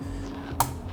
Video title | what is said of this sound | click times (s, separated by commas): Red Sea ReefMat Review! THE BEST MECHANICAL FILTRATION/FLEEC ROLLER AROUND? | When you clip it down, you hear a very satisfying snap. | 0.6 s